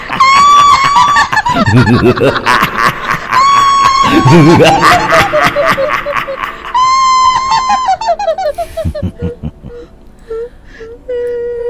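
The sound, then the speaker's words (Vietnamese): A man cries out in fright and starts to run, in three long, loud, wavering yells, each bending up and down in pitch, before trailing off into lower, fainter moaning tones. “Hào hét lên một tiếng, chạy.”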